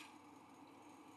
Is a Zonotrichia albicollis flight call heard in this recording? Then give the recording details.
no. No flight call is heard. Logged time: 03:24 on 5 December 2014